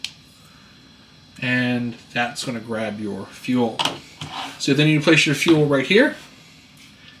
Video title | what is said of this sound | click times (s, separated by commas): Full Test and Review of WILD WIND Star X3 Cooking System | kind of snaps into place | 0.0 s